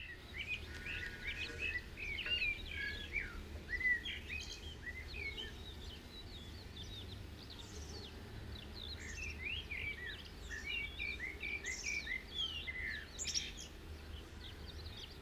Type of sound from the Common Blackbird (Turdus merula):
song